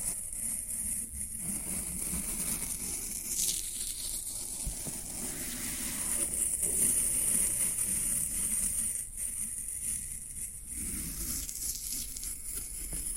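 Floral foam being worked, giving a steady, dense fizzing crackle that barely lets up across the whole stretch. A soft low rubbing sits underneath, and a thin high sizzle stands out, strongest around the middle, with brief slight dips near 1, 9 and 10 seconds.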